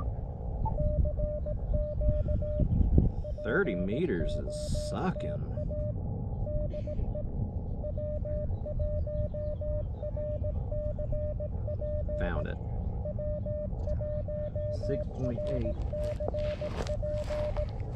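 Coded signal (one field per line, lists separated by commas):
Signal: Morse code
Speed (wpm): 17 wpm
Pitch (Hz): 600 Hz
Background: speech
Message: CQ POTA DE W1RCP W1RCP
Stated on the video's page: CW calls during a combined SOTA/POTA activation on a summit, Elecraft KX2 with Elecraft key, MFJ-1898 telescoping antenna, 12 watts.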